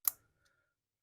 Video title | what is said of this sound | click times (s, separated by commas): Replacing Piston & Head on Stihl Two Cycle Chop Saw (StihlTS 420) | there popped into place | 0.1 s